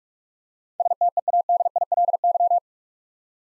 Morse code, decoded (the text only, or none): STEADILY